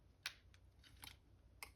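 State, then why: Not seated. The plastic head piece of a transforming combiner robot toy is pushed into its socket on the combiner body. Short, sharp plastic taps and clicks sound at about 0.3, 0.5, 1.0, 1.6 and 1.8 seconds over a quiet background. The head has not clicked into place yet.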